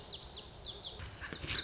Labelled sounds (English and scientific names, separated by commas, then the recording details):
Lazuli Bunting (Passerina amoena)
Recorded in Sonoma County, California